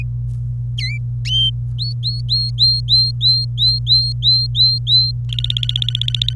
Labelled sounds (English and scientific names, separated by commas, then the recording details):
Domestic Canary (Serinus canaria) song
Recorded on 26 April 2018 at 11:32
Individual llb3